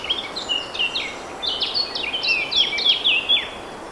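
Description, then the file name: Eurasian blackcap warbling song: a rapid, continuous jumble of high chattering and whistled notes running almost four seconds, with constant hiss behind. "Sylvia atricapilla"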